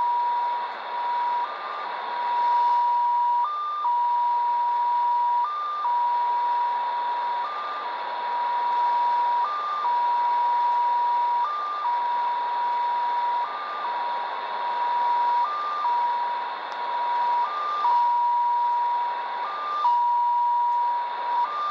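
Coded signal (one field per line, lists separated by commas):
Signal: numbers station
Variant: XPA2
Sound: steady mid tone with a brief higher-pitched step about every two seconds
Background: radio static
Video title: Degen DE-1103 - XPA2 18/12/2022 1130 UTC 17451kHz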